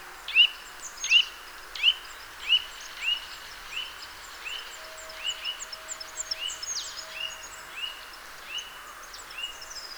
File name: Sitta europaea